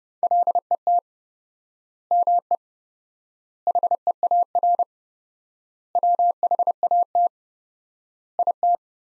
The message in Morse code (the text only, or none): LET ME HEAR WHAT IT